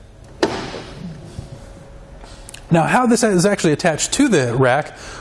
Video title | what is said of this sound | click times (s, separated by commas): etrailer - Compatible? Yes! The Kuat NV 2.0 Bike Rack for 2 Bikes Fits a 2014 Buick Enclave | go ahead and lift the bike back up into it's original position to hear it click now | 0.4 s